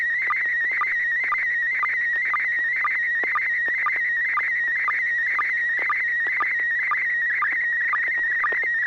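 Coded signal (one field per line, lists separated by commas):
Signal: SSTV (slow-scan television)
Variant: PD120 mode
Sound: steady warbling high tone with rapid regular clicks, like a squeaky chirping buzz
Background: low hum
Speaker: okay this will be pd 120 n6pq so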